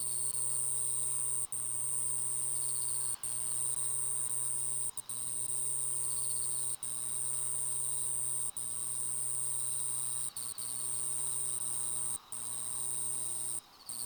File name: kusakiri